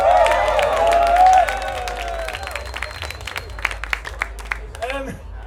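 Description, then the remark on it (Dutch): An audience at the Het Landjuweel 2025 festival in Ruigoord bursts into applause, dense clapping mixed with whoops and cheering voices at first, then thinning out into scattered, sharper individual claps before fading. “Dat op zichzelf verdient een applaus.”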